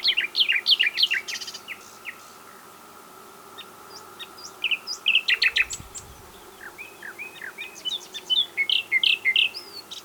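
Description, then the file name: Common nightingale song in several bursts of rich, varied chirps and short slurred whistles separated by brief pauses. "Luscinia megarhynchos"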